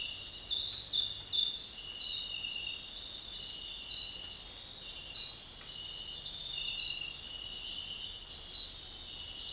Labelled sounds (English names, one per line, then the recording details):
none
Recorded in dense forest near Puerto Asís, Putumayo, Colombia, on 4 March 2025 at 06:00
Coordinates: 0.500, -76.322
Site GP06